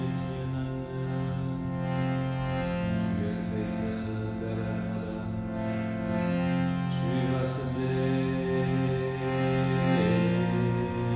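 Singing bowls and harmonium hold a dense, steady drone of layered low tones, with soft bell-like strikes every couple of seconds.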